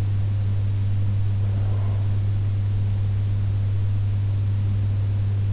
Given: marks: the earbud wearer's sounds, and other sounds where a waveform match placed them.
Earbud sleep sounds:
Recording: sounds in sleep by an in-ear microphone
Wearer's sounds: breath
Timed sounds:
0.97-2.97 s: breath

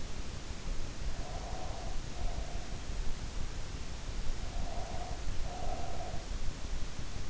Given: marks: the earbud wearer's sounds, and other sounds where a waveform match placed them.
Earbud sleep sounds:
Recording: sounds in sleep by an in-ear microphone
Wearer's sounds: breath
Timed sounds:
0.86-3.04 s: breath
4.45-6.33 s: breath

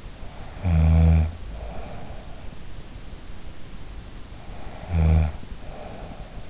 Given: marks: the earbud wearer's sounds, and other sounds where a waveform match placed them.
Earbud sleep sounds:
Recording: sounds in sleep by an in-ear microphone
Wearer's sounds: snoring breath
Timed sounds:
0.40-2.48 s: snoring breath
4.33-6.40 s: snoring breath

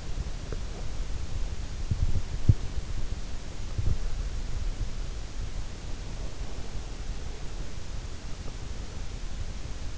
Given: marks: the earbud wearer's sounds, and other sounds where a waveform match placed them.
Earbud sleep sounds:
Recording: sounds in sleep by an in-ear microphone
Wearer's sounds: body movement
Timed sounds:
0.00-2.58 s: body movement

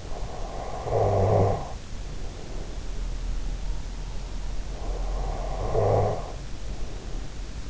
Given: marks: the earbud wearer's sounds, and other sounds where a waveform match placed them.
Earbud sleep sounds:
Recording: sounds in sleep by an in-ear microphone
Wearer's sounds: snoring breath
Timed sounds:
0.11-3.44 s: snoring breath
4.63-7.70 s: snoring breath

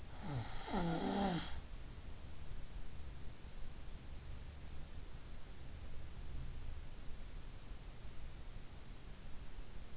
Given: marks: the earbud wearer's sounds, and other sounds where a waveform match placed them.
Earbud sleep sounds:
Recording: sounds in sleep by an in-ear microphone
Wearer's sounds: snoring breath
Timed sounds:
0.00-1.68 s: snoring breath

